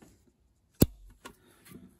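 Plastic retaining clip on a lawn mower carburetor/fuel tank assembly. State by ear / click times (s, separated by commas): seated / 0.8 s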